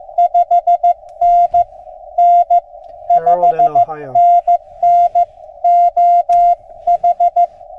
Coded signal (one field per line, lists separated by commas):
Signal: Morse code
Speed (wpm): 19 wpm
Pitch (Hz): 690 Hz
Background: music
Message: 5NN 5NN OH